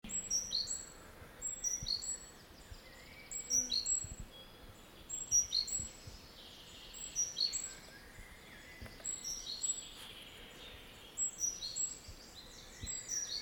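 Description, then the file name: Great tit: repeated short groups of high, thin sharp notes over a steady background hiss. "Parus major"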